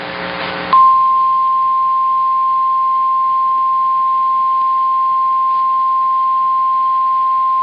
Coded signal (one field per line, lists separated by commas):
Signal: Emergency Alert System (SAME) tones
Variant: 1050 Hz attention tone